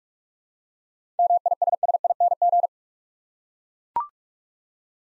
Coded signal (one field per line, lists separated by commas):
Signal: Morse code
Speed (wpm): 44 wpm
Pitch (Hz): 700 Hz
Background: none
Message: MISSING